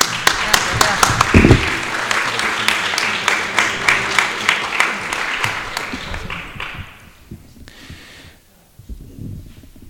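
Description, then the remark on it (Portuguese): An audience at the Cine Adriano cinema applauds to welcome guests, a dense wash of many hands with a few sharper individual claps cutting through, lasting several seconds before thinning out and fading into near quiet. “Vamos a recibirlles con un forte aplauso, que merecen.”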